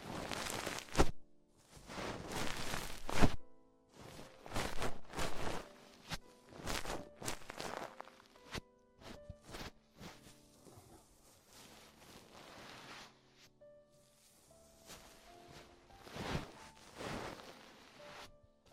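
Ear exploration sounds made of crisp, crinkly scratches and rubs come in bursts, loudest and densest in the first eight seconds with sharp hits around one and three seconds. Later the touches thin out into softer, scattered brushing with faint tonal squeaks and pauses between them.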